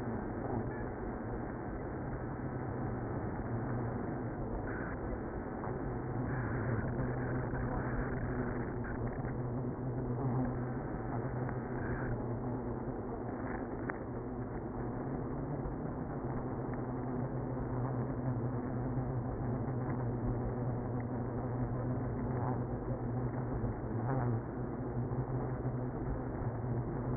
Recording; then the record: honeybee colony, microphone inside the hive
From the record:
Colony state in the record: queenless (queen removed); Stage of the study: after two queens were removed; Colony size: about 60,000 bees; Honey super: yes